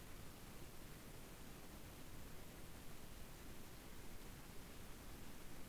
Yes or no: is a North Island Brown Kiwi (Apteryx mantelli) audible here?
no